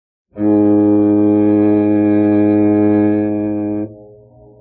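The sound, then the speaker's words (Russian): A loud steamship horn sounds over a market, one long, steady blast of about three and a half seconds, deep and rich in overtones, then cuts off into a fading low rumble. No one speaks. “И тут над рынком пронесся резкий и очень громкий гудок.”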